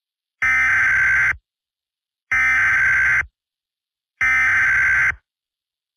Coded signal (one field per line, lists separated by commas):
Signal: Emergency Alert System (SAME) tones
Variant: header bursts